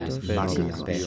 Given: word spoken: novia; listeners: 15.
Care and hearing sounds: one Spanish word in noise, from a listening test; four-talker babble; -2.7 dB; 0 of 15; 6 of 15; 0.67 s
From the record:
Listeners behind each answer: 6, 4, 1, 1, 1, 1, 1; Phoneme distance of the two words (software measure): 44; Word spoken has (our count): 2 syllables, 5 phonemes, stress on syllable 1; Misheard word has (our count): 2 syllables, 5 phonemes, stress on syllable 1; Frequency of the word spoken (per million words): 25.93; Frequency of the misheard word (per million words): 14.08

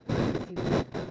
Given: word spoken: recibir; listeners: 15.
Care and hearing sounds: one Spanish word in noise, from a listening test; noise modulated by one talker; -12.6 dB; 1 of 15; 9 of 15; 0.71 s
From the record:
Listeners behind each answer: 9, 1, 1, 1, 1, 1, 1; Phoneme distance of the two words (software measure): 61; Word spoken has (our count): 3 syllables, 7 phonemes, stress on syllable 3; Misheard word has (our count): 2 syllables, 6 phonemes, stress on syllable 2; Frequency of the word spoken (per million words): 66.28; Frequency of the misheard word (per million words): 387.05

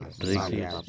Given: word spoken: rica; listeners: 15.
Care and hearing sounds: one Spanish word in noise, from a listening test; four-talker babble; 0.1 dB; 0 of 15; 7 of 15; 0.49 s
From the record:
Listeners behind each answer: 7, 1, 1, 1, 1, 1, 1, 1, 1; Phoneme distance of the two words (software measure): 17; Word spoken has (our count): 2 syllables, 4 phonemes, stress on syllable 1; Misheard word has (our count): 2 syllables, 5 phonemes, stress on syllable 1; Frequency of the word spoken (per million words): 49.48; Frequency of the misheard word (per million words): 14.55

